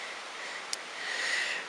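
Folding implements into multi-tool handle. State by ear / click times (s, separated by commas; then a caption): seated / 0.7 s. A steel Leatherman Wingman multi-tool has its implements folded back into the handle, giving a single sharp click at 0.7 s over a steady broadband hiss. The tools close up and sit solidly, clicked into place.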